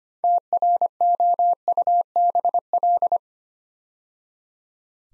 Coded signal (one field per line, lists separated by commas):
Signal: Morse code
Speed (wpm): 25 wpm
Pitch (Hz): 700 Hz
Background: none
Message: TROUBL